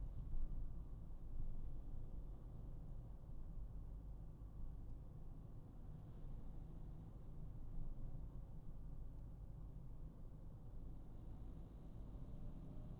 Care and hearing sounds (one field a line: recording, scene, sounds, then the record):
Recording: everyday scene through a hearing-aid microphone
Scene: in a vehicle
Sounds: engine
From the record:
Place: Berlingo II, diesel engine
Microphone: behind the ear, right, rear